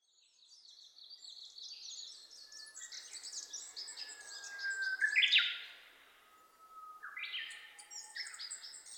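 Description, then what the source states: Japanese bush warbler song: a long held whistle sliding slightly upward into a loud, sharp ending, with other birds chirping high and rapidly around it. Recorded 27 May 2007 at 05:46, early morning.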